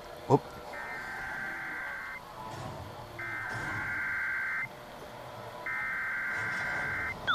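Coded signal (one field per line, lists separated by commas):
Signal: Emergency Alert System (SAME) tones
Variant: header bursts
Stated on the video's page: Required monthly test tones from FM radio and NOAA Weather Radio receivers, some on low volume; one FM signal weak as the receiver kept dying; one recorded by microphone.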